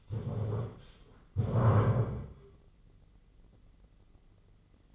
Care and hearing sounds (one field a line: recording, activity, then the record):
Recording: daily activity, microphone in the room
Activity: stand up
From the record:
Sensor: 4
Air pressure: 996.8 hPa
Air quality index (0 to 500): 240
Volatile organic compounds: 334 ppm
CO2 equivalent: 4553 ppm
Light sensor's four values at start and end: 44/108/44/44 and 44/108/44/44